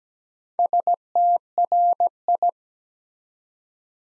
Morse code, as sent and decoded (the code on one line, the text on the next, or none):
... - .-. ..
STRI